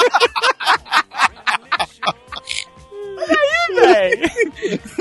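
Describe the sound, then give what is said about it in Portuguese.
Rapid breathy vocal bursts give way to loud, exaggerated moaning, the voice sliding up and down in long wavering wails, clearly a performed imitation of sexual pleasure. “Devo fingir orgasmos?”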